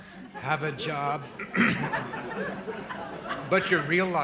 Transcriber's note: soundbite of laughter